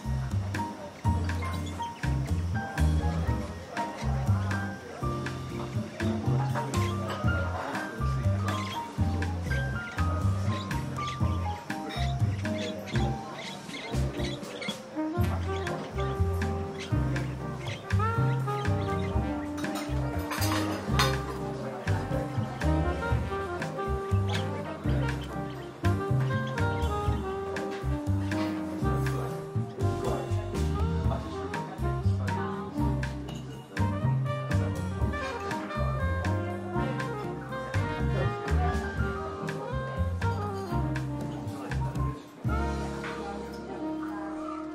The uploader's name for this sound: Seaside Cafe Ambience - Coffee Shop Sounds, Ocean Sounds